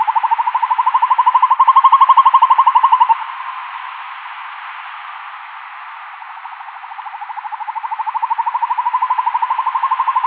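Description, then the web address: Northern hawk-owl trilling display, a rapid string of hoots lasting about three seconds, a quiet pause, then a fresh trill growing louder and carrying on to the end. Male northern hawk-owl giving its display call. "Schulze Peter Hawk Owl"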